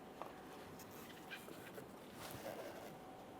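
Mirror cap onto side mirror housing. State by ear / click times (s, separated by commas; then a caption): not seated / none. A plastic mirror cap for a 2014–2019 Toyota Corolla is handled as it is lined up against the side mirror housing, with its locking tabs to go into their ports. Only faint rustling and light handling taps sound over a low, steady background. Nothing has seated or clicked yet.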